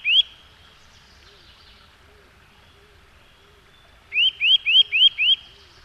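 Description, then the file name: Eurasian nuthatch call: one rising whistle at the start, a long quiet pause with faint sounds, then five quick upslurred whistles in a row. "csuszka"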